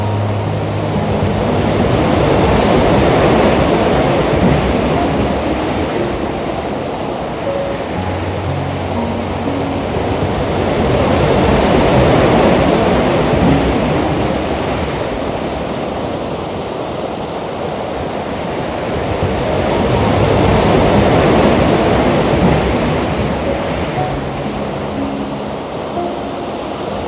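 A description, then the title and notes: Soft water rushes in a dense, steady wash that swells and eases about every nine seconds, with faint low tones beneath. Relaxing Piano Music and the soothing sounds of a Soft Water Stream. Calming piano melodies and tranquil water sounds come together.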